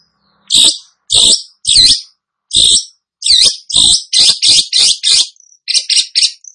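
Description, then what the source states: Cendet song: loud harsh squawking notes delivered singly, then in a quick rhythmic series. Cendet singing energetically (gacor).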